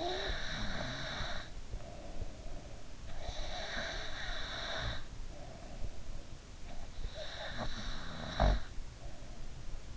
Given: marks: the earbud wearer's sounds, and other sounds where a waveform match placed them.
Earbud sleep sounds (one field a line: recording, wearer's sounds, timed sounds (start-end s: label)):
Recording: sounds in sleep by an in-ear microphone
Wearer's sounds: snoring breath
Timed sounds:
0.00-2.99 s: snoring breath
3.05-6.35 s: snoring breath
7.04-9.44 s: snoring breath